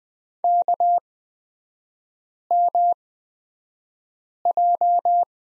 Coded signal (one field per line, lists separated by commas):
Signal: Morse code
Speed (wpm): 20 wpm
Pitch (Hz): 700 Hz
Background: none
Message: KMJ